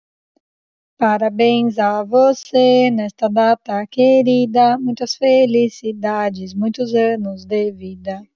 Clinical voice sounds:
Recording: short text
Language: Brazilian Portuguese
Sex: female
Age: 30 to 39 years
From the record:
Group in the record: control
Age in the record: 30 years

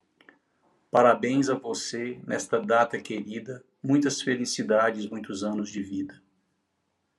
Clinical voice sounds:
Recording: short text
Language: Brazilian Portuguese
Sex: male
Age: 60 to 69 years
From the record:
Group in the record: control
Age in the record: 62 years

